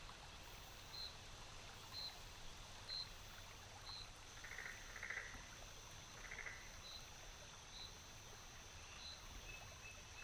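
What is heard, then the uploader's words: A forest soundscape with a steady low rumble and soft hiss underneath, like running water. A bird repeats short, bright chirps about once a second throughout, and a few softer calls or croaks surface around the middle of the clip. Soothing forest sounds in this dreamy forest soundscape.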